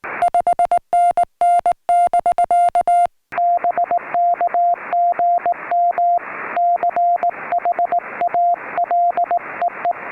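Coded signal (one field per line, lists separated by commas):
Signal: Morse code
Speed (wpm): 19 wpm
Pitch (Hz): 700 Hz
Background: music, radio noise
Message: 5NN <BK> BK GM CHA LEE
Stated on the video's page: CW contacts made during a Summits on the Air activation on a volcanic cinder cone summit.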